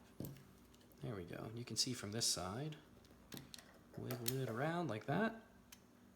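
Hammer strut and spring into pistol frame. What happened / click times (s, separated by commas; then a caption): Parts handled and wiggled, spring strut not yet seated / none. A metal hammer strut and spring assembly is wiggled inside a 22/45 pistol frame during installation of a Tandemkross hammer bushing, with light metallic ticks and taps around 0.2, 3.3 to 3.6 and 5.7 seconds while someone talks. The part has not dropped into position or clicked into place yet.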